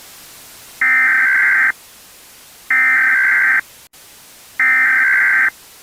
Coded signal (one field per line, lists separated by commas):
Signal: Emergency Alert System (SAME) tones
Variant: header bursts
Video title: EAS Scenario - Russian Desperation